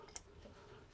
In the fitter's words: ça fait clic c'est dededans